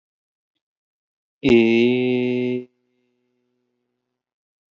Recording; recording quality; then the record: sustained vowel as in made; excellent, no background noise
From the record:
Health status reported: healthy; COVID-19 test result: negative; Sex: male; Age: 30 years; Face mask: worn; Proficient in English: yes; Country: United States